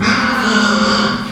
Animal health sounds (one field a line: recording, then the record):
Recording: squeal of a Yucatan mini pig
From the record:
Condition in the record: after surgery on the right vocal fold (resection and tissue-engineered implant)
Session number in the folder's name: 16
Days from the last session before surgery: 183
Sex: female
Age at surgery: 19 weeks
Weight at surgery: 25 kg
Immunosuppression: prednisolone